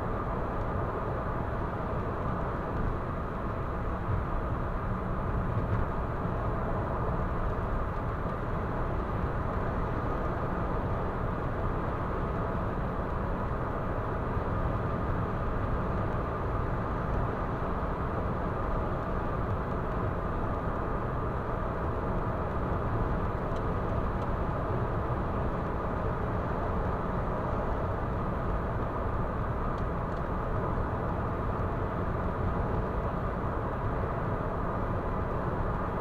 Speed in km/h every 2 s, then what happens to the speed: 117, 117, 118, 118, 118, 118, 120, 120, 120, 120, 120, 120, 120, 119, 118, 118, 118, 118.
0-36 steady at about 118.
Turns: none.